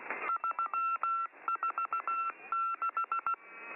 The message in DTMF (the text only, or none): none